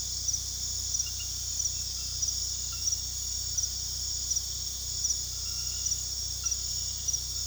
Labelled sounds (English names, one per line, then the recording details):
none
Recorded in pastures near Puerto Asís, Putumayo, Colombia, on 20 February 2024 at 01:30
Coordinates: 0.486, -76.323
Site G6462